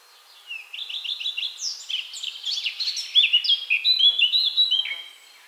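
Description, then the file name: Eurasian blackcap singing one full phrase, opening with soft repeated chips and rising into loud, clear, varied whistled notes before fading. "Sylvia atricapilla"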